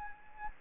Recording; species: mosquito wingbeat signal from an infrared sensor; Anopheles gambiae